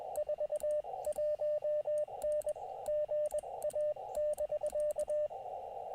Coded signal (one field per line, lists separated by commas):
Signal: Morse code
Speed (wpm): 21 wpm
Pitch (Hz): 600 Hz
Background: radio noise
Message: 41N GA<BK>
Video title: Can I get 89 contacts on QRP to get the KILO - Live POTA CW activation